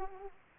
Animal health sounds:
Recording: mosquito wingbeat signal from an infrared sensor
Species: Aedes aegypti

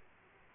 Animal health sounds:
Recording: mosquito wingbeat signal from an infrared sensor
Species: Aedes aegypti

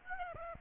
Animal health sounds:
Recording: mosquito wingbeat signal from an infrared sensor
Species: Aedes aegypti

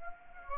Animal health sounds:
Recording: mosquito wingbeat signal from an infrared sensor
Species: Anopheles arabiensis

